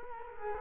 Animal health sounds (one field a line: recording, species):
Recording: mosquito wingbeat signal from an infrared sensor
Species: Culex quinquefasciatus